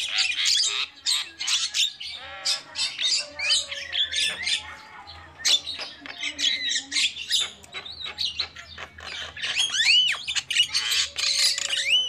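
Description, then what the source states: Lovebird squawks and shrill chirps in irregular bursts, with several clear rising and falling whistles toward the end. Lure call used for trapping lovebirds.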